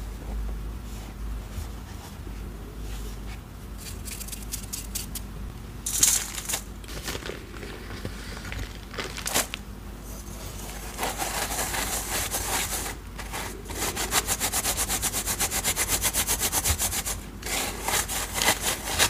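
Dyed chalk and cornstarch are crunched and mixed into a paste, giving a dense stream of gritty scraping and crackling throughout. Bursts of sharper, brighter crunching come around six and nine seconds, then a faster, more regular crackle runs from about eleven seconds to the end.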